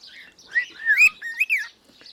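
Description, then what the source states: Cockatiel giving a brief string of several warbled, up-and-down chirping notes. Pearl colour variety.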